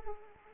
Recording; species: mosquito wingbeat signal from an infrared sensor; Anopheles arabiensis